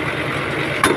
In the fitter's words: lock అయిపోయింది scale పోయిపోయింది ఇది